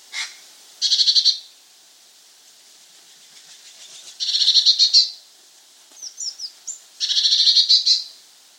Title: Gelatikbt. Eurasian Blue Tit (Cyanistes caeruleus)